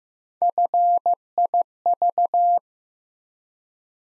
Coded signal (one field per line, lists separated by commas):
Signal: Morse code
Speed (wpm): 15 wpm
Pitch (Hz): 700 Hz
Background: none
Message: FIV